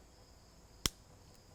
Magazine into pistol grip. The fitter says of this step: there it is locked if you want to test that give it a tug it doesn't come out very good